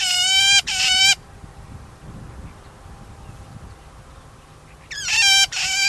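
Shrike giving nasal, buzzy double calls, each a pair of loud harsh notes, repeated after a pause of about four seconds.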